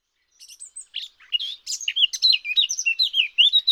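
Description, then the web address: Eurasian blackcap singing, starting with soft scratchy notes, then building into a louder, rapid run of clear warbled and fluty phrases. "birdify. sylvia atricapilla"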